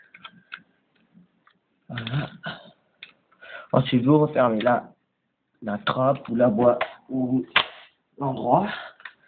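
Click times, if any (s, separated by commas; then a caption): none. Someone talks while handling the battery compartment cover of an airsoft UMP45 replica rifle after the battery has been connected, with a few faint short taps and knocks between the speech. The cover has not snapped shut yet, and nothing has seated or clicked by the end of the clip.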